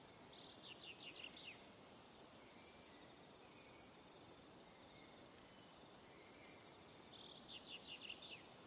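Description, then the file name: High, even cricket chorus pulsing throughout; short series of fast, falling chirps appear at the beginning and again near the end. "Calm - Evening Crickets"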